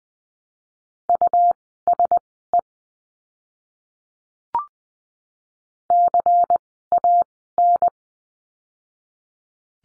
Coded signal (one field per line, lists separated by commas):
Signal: Morse code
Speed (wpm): 20 wpm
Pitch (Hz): 700 Hz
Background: none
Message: USE CAN